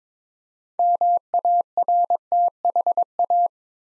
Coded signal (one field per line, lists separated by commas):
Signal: Morse code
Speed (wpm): 22 wpm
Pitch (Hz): 700 Hz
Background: none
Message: MARTHA